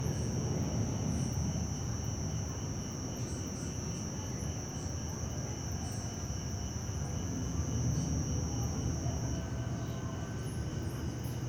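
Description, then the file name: Crickets chirping in a steady, continuous high chorus over a heavy low rumble that persists throughout. Many crickets in a residential area in the late afternoon, with a plane passing far off and slowly. "Ambiencia residencial fim de tarde muitos grilos e cigarra, aviao passa longe e devagar, pessoas dentro de casa e morcegos"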